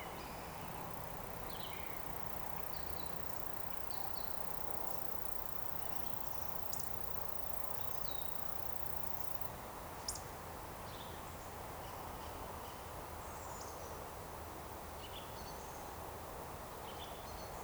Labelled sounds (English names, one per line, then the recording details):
Eurasian Woodcock
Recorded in Baden-Württemberg, Germany, on 28 June 2020 at 19:47 UTC
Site 43791, 788 m above sea level